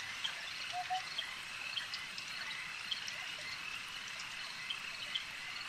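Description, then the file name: Swarm of insects humming steadily at high pitch with sparse ticks; a brief soft lower whistle sounds around the first second. "Elijah Wagner - Relaxing Insect Swarm Ambience"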